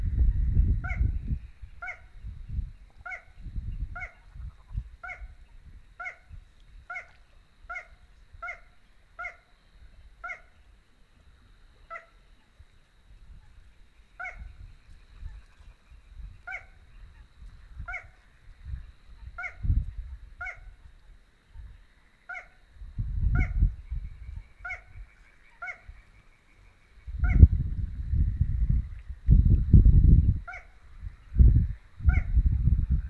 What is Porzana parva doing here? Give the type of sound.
song